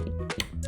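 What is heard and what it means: A CPU 8-pin power cable is pushed into its motherboard header after a struggle to fit it, over steady background music. A sharp click sounds at 0.4 seconds as the connector seats, and the fit is confirmed.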